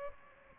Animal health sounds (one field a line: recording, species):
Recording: mosquito wingbeat signal from an infrared sensor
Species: Aedes aegypti